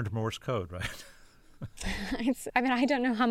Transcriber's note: laughter